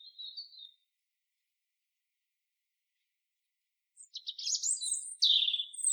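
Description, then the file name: European robin song: a short high trill, a pause, then a loud, fast phrase of high sweeping notes dropping into a rich warble. "Erithacus rubecula"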